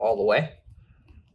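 A memory DIMM is being pushed into a server motherboard memory slot in an HP ProLiant DL380 G6, where side retention latches close once it is fully down. Someone talks for the first 0.6 s, followed by near silence with a faint low hum and two tiny ticks around 1.1 s and 1.3 s. The module has not seated and no latch click has happened yet.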